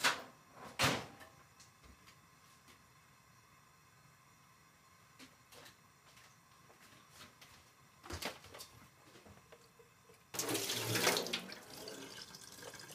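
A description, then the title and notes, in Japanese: Someone is making something in a kitchen, with sharp knocks and clacks like a cupboard door near the start and again around eight seconds. Long quiet stretches hold only faint ticks and a low hum, until a louder scraping rattle near the end. 環境音 朝、何作ったか忘れた。キッチンで何かを作っていた。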